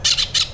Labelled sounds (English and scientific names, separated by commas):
Brown-throated Parakeet (Eupsittula pertinax) contact call